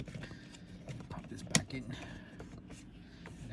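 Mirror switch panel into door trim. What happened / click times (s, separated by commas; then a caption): The plastic panel snapped into its opening / 1.5 s. A mirror switch assembly on a 2012 Toyota Highlander is popped back into its plastic trim opening in the door while someone talks. A single sharp snap at 1.5 s, the loudest sound in the clip, marks the switch panel seating into the door trim, and a few softer handling taps follow.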